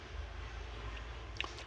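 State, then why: Seated. A spring is placed onto the needle-like pin of a hammer drill's piston assembly during reassembly and locked in place. Over steady low background noise, a single short, sharp click sounds at 1.4 s. The spring is seated and locked on the pin.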